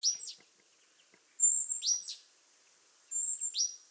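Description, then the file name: Great tit giving high, thin whistled notes, each ending in a quick descending slur, three phrases in four seconds. "Parus major"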